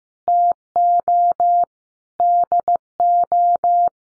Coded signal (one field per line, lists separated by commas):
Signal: Morse code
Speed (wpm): 15 wpm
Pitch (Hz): 700 Hz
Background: none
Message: TO DO